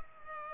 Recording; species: mosquito wingbeat signal from an infrared sensor; Culex pipiens